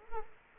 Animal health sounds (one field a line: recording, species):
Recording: mosquito wingbeat signal from an infrared sensor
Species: Culex quinquefasciatus